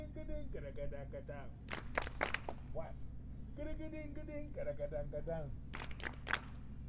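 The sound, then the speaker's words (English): Several sharp, bright hand claps land in a quick cluster midway through, with another pair near the end, during a rhythm lesson, while people keep talking over a steady low hum. “Okay, so we're gonna clap our hands.”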